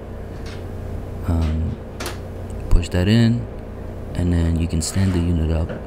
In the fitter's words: Make sure it's sealed and lock in that latch. Push that in,